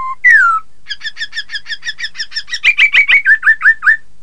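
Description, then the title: Laughingthrush song: a low whistle and a loud falling slur, followed by a rapid series of short notes that grows louder. "Suara Kicau Burung Poksay"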